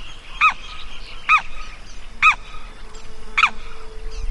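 Bird giving four nasal, arching honk calls at uneven intervals of about one second, over soft background hiss.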